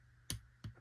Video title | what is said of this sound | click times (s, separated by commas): Smith & Wesson K frame full disassembly | you can hear it pop as it comes loose | 0.3 s